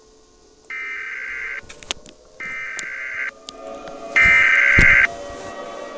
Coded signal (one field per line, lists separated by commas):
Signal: Emergency Alert System (SAME) tones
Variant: header bursts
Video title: EAS Scenario: Gacha Heat Wave Supernova